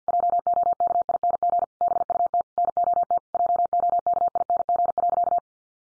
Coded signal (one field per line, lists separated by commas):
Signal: Morse code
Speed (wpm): 49 wpm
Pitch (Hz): 700 Hz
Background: none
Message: JOKING BUT NOT JOKING.